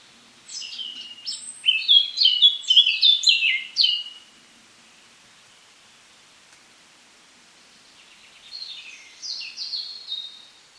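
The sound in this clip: Eurasian Blackcap delivering a vigorous warbling phrase of mixed high notes and clear whistles, a long quiet gap, then another shorter phrase.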